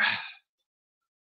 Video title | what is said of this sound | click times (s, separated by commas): Bandai RG EVA-00 Build (Part 2) | doesn't quite want to snap in place you sometimes you have to twist it | none